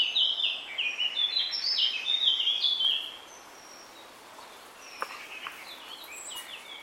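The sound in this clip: Eurasian Blackcap singing a three-second burst of quick, varied warbling notes, followed by quieter calls and a couple of sharp clicks.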